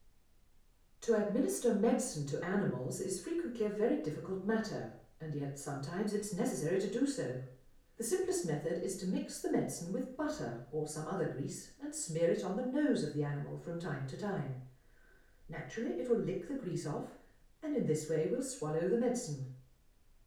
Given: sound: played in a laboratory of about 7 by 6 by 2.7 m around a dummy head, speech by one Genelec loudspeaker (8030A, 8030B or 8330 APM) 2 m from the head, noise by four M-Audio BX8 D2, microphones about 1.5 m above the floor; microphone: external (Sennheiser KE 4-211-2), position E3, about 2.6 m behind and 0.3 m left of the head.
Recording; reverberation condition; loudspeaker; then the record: female speech in English; medium; in front (0 degrees)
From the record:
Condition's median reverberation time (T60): about 510 ms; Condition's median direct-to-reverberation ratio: about -0.5 dB